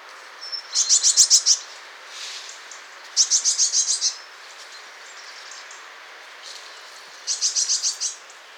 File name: Cyanistes caeruleus